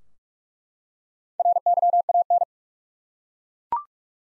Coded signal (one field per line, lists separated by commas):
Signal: Morse code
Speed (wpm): 42 wpm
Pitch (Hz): 700 Hz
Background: none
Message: RYAN